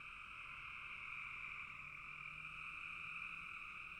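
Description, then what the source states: Frog chorus forming an unbroken high trilling wash, many callers blended into two steady bands of sound throughout. Frogs in a bog.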